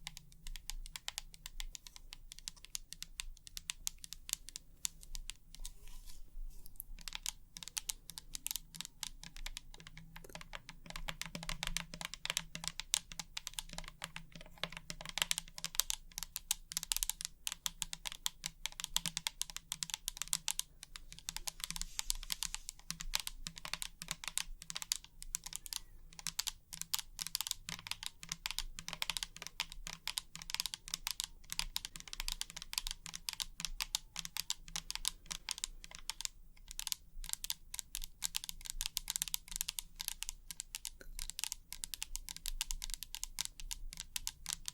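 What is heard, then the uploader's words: Long nails tap rapidly and continuously on a hard surface, making crisp, bright clicks like fast typing. The tapping is lighter and sparser for the first several seconds, then grows louder and denser, over a soft low hum. ASMR 100% Tapping for Sleep & Tingles (Long Nails & No Talking).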